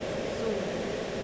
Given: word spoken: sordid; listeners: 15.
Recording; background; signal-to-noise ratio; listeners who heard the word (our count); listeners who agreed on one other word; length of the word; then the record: one English word in noise, from a listening test; speech-shaped noise; -5.6 dB; 0 of 15; 6 of 15; 0.83 s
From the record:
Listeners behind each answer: 6, 3, 2, 1, 1, 1, 1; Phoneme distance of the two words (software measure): 14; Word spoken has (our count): 2 syllables, 5 phonemes, stress on syllable 1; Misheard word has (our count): 1 syllable, 3 phonemes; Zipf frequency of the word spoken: 2.88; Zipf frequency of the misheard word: 4.09